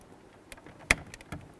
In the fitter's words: now let's go ahead and connect in our wiring we're going to press this in and give it a click as well